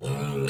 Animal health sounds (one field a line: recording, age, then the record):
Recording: pig call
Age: weaner (32 to 43 days)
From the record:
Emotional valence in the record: negative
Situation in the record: long isolation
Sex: female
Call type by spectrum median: low-frequency call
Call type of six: mixed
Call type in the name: high-frequency modulated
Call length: 0.50 s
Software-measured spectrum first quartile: 192 Hz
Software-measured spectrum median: 439 Hz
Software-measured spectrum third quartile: 1741 Hz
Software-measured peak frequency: 417 Hz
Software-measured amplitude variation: 100 dB a second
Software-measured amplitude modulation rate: 20.0 a second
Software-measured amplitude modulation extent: 5.0 dB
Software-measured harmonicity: -0.1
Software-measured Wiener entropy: -2.07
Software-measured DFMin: 726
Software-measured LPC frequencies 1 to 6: 394, 1330, 2583, 3546, 4252, 6023 Hz